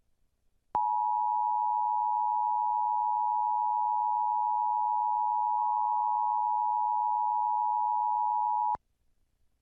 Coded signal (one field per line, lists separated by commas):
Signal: Emergency Alert System (SAME) tones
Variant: 853 and 960 Hz attention tone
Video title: National EAS Test Compilation (August 7, 2019, NYC)